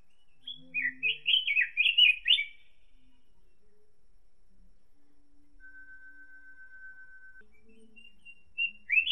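Robin song: a burst of high warbling, then a long steady thin tone, and another brief high phrase at the end. Faint low sounds also occur.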